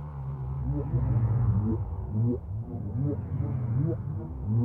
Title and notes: WHALE SOUNDS, WHITE NOISES. WHALE SOUNDS WITHOUT MUSIC